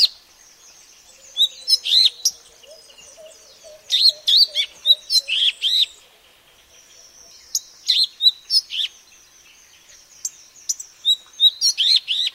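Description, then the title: Madagascar magpie-robin song in repeated bursts of rich, varied whistles and sharp chirps, with a faint steady high hiss and a soft low whistle early on. "suara burung kacer madagaskar"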